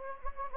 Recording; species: mosquito wingbeat signal from an infrared sensor; Anopheles gambiae